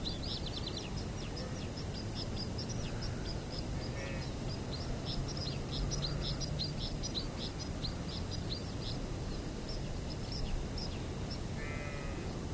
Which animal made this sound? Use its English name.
White-winged Snowfinch